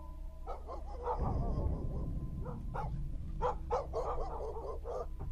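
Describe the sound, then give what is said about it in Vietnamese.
Dogs bark in the distance in a village, a string of sharp, irregular yelps and barks that grows busier toward the end, layered over a steady low rumbling background. “Xa xa ở trong làng, tiếng chó cắn ma nhấm nha nhấm nhặng.”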